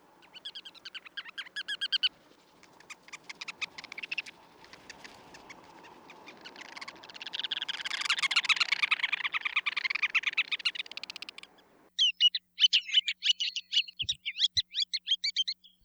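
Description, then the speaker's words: Ruddy Turnstone chattering calls, fast runs of sharp repeated kek notes in bursts, with a stretch of rushing noise in the middle before clearer rattling calls at the end. Hawaiian name akekeke resembles the call, which sounds like kekekeke. "Their Hawaiian name, Akekeke, is similar to their call, which sounds a bit like kekekeke."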